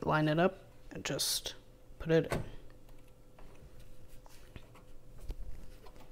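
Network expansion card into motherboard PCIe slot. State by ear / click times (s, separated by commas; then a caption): not seated / none. A WiFi/Bluetooth network expansion card is lined up with a PCIe slot on a motherboard and handled into place while someone briefly talks. Faint taps and handling sounds follow. Nothing has seated or clicked yet; the card is not yet home in the slot.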